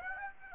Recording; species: mosquito wingbeat signal from an infrared sensor; Aedes aegypti